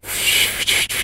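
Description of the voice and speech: About one second of steady, high-pitched hissing, briefly broken twice, with no clear vowel. An adult imitates a faulty hushing sibilant ('sh'/'shch') made without slightly pushing the lips forward, so it comes out muffled and indistinct, like a poor attempt at whistling. A short frenulum keeps the lips from shaping the airstream for correct articulation; correctable by surgery or special exercises such as tongue twisters.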